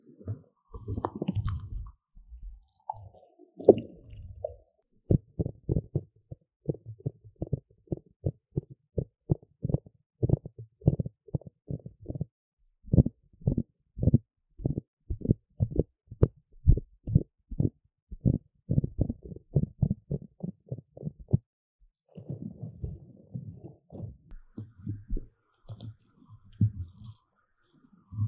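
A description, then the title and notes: Muffled mic touching: soft low rumbles and brushing at the start, then from about five seconds a long run of quick, evenly spaced taps, two or three per second, for about fifteen seconds. Gentle rumbling brushing and breathy blowing return near the end. 吹氣&&撫摸麥克風. Ear Blowing & Mic Touching, Brushing. NO Talking. 跟摸戴毛罩的麥克風的聲音很相似.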